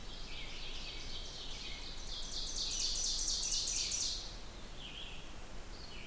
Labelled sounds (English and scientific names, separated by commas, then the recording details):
Ovenbird (Seiurus aurocapilla) song
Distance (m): 35 m
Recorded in boreal forest in Alberta, Canada, on 16 June 2016 at 08:43
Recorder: SongMeter 3, array SBT-3-32
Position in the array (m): 178 m, 34 m
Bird 36